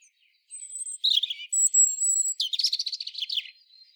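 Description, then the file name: European robin song: thin steady whistles mixed with twittering notes, ending in a quick rattling trill of high notes. "Erithacus rubecula"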